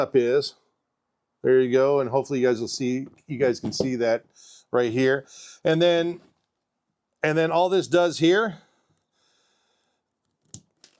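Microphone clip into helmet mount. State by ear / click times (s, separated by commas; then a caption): seated / 10.5 s. Someone talks, then pushes a DJI helmet microphone's clip into its holder inside a motorcycle helmet. A sharp click at 10.5 s is followed by a fainter tick at 10.8 s as the clip seats in its mount.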